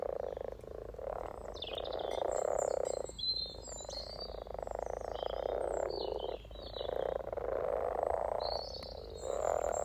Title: Frog Chorus Spring sounds first Lunch outside St Patrick’s day 17 March 2023 . Freshfield, Formby